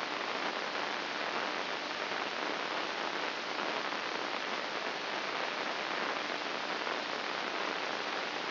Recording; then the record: brain microelectrode recording played as sound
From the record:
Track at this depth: outside the subthalamic nucleus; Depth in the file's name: 2.844 mm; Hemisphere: left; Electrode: 2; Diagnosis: Parkinson's disease